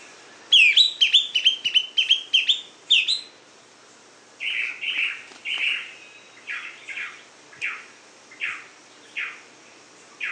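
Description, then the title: Greenish schiffornis song: a quick, sharp chirping phrase at the start, then a series of slurred whistled notes repeated at short intervals. "LuckyPassaro Completos2Sama. Greenish Schiffornis (Schiffornis virescens)"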